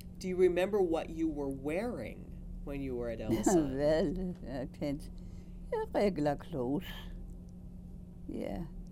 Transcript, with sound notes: Do you remember what you were wearing when you were at Ellis Island?
(Chuckles) Well, I can't. Yeah, regular clothes. Yeah.